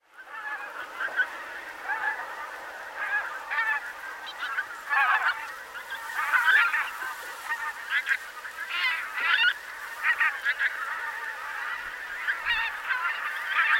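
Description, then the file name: Pink-footed goose: a flock calling, many overlapping honks forming a constant chattering din throughout. "Oca de bec curt"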